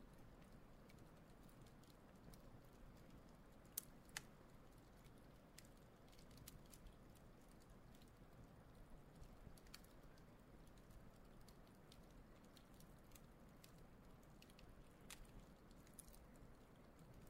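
A campfire burns by a lake, its steady low rumble and rushing filling the whole stretch without letting up. Sharp, bright crackles and pops break through irregularly, a few every couple of seconds, with louder snaps near four and fifteen seconds.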